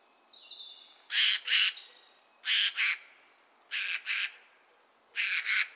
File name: Garrulus glandarius